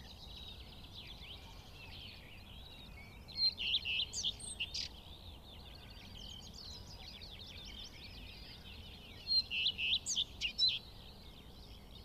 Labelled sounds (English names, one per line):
Common Redstart song